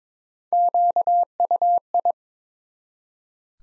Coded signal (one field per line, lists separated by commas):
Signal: Morse code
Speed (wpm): 23 wpm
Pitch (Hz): 700 Hz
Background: none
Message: QUI